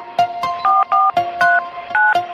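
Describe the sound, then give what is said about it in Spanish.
A quick run of about seven touch-tone dialing beeps, each a short steady dual-pitched tone separated by brief gaps, fairly loud with no voices. “Hacemos un llamado porque queremos saber más.”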